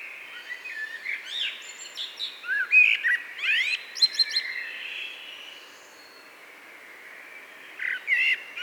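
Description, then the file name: Eurasian blackbird song: warbled fluty phrases with squeaky high twitters, in bursts over the first five seconds, a quieter stretch, then a short phrase near the end. "Turdus merula"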